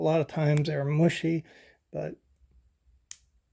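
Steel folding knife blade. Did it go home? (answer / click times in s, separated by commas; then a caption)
yes / 3.1 s. A blade of a Rough Ryder South West congress multi-blade slip-joint pocketknife is opened to its half-stop detent, where the steel backspring catches it. Someone talks about such blades often being mushy, then after a pause a single sharp snap is heard at 3.1 s. The blade seats firmly in the half stop.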